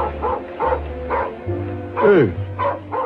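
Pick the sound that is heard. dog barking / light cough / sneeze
dog barking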